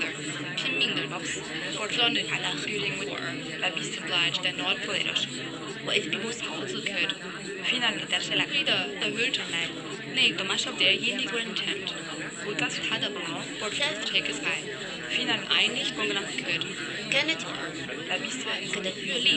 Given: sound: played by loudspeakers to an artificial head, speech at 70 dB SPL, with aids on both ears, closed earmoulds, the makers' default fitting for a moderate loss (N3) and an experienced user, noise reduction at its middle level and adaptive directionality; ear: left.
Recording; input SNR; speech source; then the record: speech test signal (ISTS) in cocktail-party noise; -6 dB; in front (0 degrees)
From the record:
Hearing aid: class 1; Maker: C